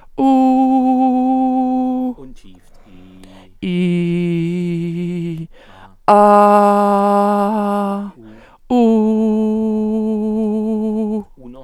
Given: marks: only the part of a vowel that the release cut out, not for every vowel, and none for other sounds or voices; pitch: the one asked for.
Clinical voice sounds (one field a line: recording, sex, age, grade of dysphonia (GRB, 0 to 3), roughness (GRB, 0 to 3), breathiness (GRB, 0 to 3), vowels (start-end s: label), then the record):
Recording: sustained vowels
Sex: female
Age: 60 to 69 years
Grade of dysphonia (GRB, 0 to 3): 0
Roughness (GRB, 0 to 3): 0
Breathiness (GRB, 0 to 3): 0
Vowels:
0.44-1.88 s: vowel /u/, high pitch
3.76-5.29 s: vowel /i/, low pitch
6.59-7.45 s: vowel /a/, low pitch
10.07-11.08 s: vowel /u/, low pitch
From the record:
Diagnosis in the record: dysodia (singing voice disorder)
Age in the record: 62 years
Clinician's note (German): Eventuell beginnende Vox senilis